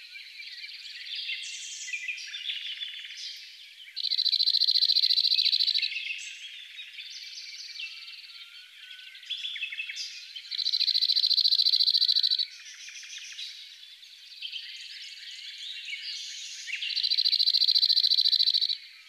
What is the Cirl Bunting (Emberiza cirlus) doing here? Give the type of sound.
song